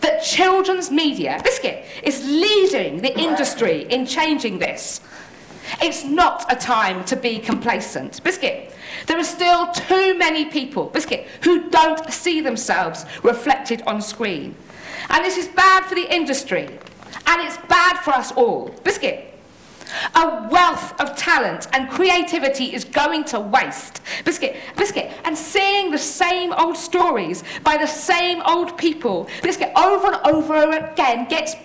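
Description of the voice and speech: An adult woman speaks fluently but repeatedly interjects the word 'biscuit' mid-sentence, seven times, including a quick double 'biscuit, biscuit'. These are involuntary vocal tics of Tourette syndrome, a neurological condition that causes movements and noises she can't control, called tics.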